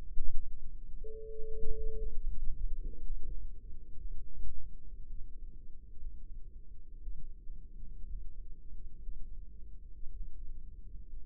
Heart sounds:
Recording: heart sounds by microphone in the left ear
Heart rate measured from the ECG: 58 bpm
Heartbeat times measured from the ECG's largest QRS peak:
0.88 s: heartbeat
1.98 s: heartbeat
3.03 s: heartbeat
3.99 s: heartbeat
5.07 s: heartbeat
6.00 s: heartbeat
7.01 s: heartbeat
8.07 s: heartbeat
9.03 s: heartbeat
10.14 s: heartbeat
11.21 s: heartbeat
From the record:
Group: healthy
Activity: rest 0-1 s, cold pressor test 1-11 s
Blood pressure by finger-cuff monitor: 103/59 mmHg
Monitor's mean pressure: 74 mmHg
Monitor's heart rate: 57 bpm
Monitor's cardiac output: 5.5 L/min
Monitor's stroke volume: 93 mL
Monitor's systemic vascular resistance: 960 dyn s/cm5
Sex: female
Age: 28 years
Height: 170 cm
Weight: 77 kg

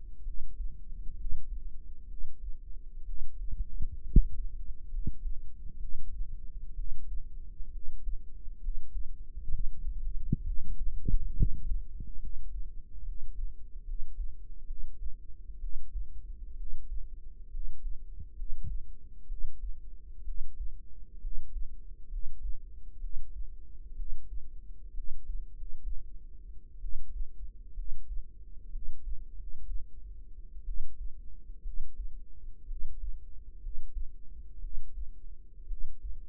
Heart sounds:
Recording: heart sounds by microphone in the right ear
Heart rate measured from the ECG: 64 bpm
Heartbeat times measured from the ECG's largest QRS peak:
0.22 s: heartbeat
1.14 s: heartbeat
2.05 s: heartbeat
3.03 s: heartbeat
4.01 s: heartbeat
4.88 s: heartbeat
5.77 s: heartbeat
6.73 s: heartbeat
7.69 s: heartbeat
8.58 s: heartbeat
9.47 s: heartbeat
10.42 s: heartbeat
11.32 s: heartbeat
12.17 s: heartbeat
13.02 s: heartbeat
13.83 s: heartbeat
14.64 s: heartbeat
15.58 s: heartbeat
16.54 s: heartbeat
17.49 s: heartbeat
18.33 s: heartbeat
19.25 s: heartbeat
20.22 s: heartbeat
21.19 s: heartbeat
22.07 s: heartbeat
22.98 s: heartbeat
23.94 s: heartbeat
24.92 s: heartbeat
25.51 s: heartbeat
26.78 s: heartbeat
27.73 s: heartbeat
28.69 s: heartbeat
29.34 s: heartbeat
30.63 s: heartbeat
31.61 s: heartbeat
32.65 s: heartbeat
33.58 s: heartbeat
34.58 s: heartbeat
35.65 s: heartbeat
From the record:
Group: healthy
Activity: rest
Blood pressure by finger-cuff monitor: 114/73 mmHg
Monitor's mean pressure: 84 mmHg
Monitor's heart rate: 63 bpm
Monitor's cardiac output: 5.1 L/min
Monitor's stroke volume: 79 mL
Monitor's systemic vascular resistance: 1180 dyn s/cm5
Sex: female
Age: 22 years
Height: 171 cm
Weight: 65.6 kg

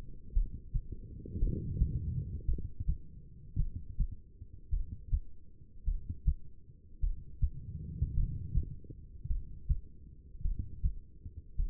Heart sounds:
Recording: heart sounds by stethoscope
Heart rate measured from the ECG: 53 bpm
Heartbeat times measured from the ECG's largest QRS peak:
0.33 s: heartbeat
1.39 s: heartbeat
2.45 s: heartbeat
3.56 s: heartbeat
4.70 s: heartbeat
5.84 s: heartbeat
7.00 s: heartbeat
8.14 s: heartbeat
9.27 s: heartbeat
10.42 s: heartbeat
11.56 s: heartbeat
From the record:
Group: heart failure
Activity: rest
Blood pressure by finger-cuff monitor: 87/61 mmHg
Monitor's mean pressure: 69 mmHg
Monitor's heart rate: 55 bpm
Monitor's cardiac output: 2.7 L/min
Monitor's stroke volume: 49 mL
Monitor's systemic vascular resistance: 1790 dyn s/cm5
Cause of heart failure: non-ischemic cardiomyopathy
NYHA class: 1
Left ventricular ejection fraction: 52%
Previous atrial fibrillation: present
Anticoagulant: apixaban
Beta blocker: bisoprolol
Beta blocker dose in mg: 10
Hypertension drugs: sacubitril-valsartan, spironolactone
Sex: female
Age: 68 years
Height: 169 cm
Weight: 71 kg

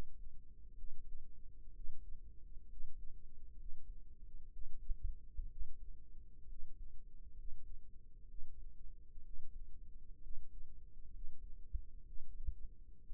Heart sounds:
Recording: heart sounds by microphone in the right ear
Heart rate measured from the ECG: 64 bpm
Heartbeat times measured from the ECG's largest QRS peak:
0.75 s: heartbeat
1.73 s: heartbeat
2.68 s: heartbeat
3.56 s: heartbeat
4.50 s: heartbeat
5.49 s: heartbeat
6.47 s: heartbeat
7.35 s: heartbeat
8.27 s: heartbeat
9.22 s: heartbeat
10.21 s: heartbeat
11.11 s: heartbeat
12.04 s: heartbeat
13.03 s: heartbeat
From the record:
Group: healthy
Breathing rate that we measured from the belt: 14 breaths a minute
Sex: male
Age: 22 years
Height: 181 cm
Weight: 79 kg

